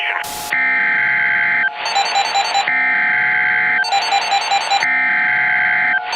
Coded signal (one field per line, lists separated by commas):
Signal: Emergency Alert System (SAME) tones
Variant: header bursts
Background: speech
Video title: EAS - TOR-C for 3 counties